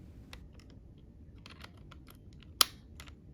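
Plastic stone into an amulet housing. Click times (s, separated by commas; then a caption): 2.6 s. A plastic time stone is lined up with the three circles on its back over the three prongs of a plastic Marvel Legends Eye of Agamotto amulet and pushed in. Faint light taps and handling clicks lead up to one loud, sharp click at 2.6 s as the stone seats in the amulet, followed by a few quieter taps.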